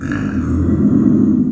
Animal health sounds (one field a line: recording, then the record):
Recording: squeal of a Yucatan mini pig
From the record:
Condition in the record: after surgery on the right vocal fold (resection and tissue-engineered implant)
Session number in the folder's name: 6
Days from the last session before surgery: 40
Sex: female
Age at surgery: 19 weeks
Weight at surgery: 25 kg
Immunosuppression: prednisolone